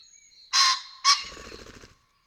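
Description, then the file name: Common pheasant crowing: two loud, harsh, explosive notes about half a second apart, followed by a brief low drumming whirr of wingbeats. "Bazant"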